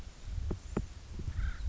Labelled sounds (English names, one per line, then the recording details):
Acorn Woodpecker
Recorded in Sonoma County, California